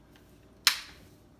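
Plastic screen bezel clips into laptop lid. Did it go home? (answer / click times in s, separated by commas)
yes / 0.7 s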